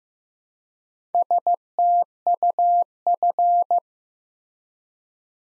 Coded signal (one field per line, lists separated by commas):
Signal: Morse code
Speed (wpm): 15 wpm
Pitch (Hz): 700 Hz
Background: none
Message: STUF